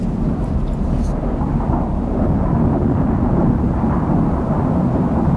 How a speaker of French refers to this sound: Et la tempête fait rage.